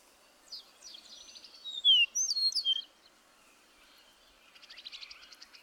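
Songbird phrase of fast twittering notes building to sharp, high whistled slurs, then a pause and a softer, rapid trill at the end over faint background hiss.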